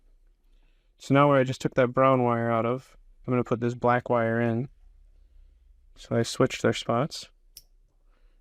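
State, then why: Seated. A black wire's crimped terminal is pushed into the plastic connector housing inside a Gaggia Classic Evo Pro espresso machine, taking the spot the brown wire came out of, as the two wires swap positions during an upgrade kit installation. Someone talks, then a single sharp click is heard at 7.6 s as the terminal seats in the housing.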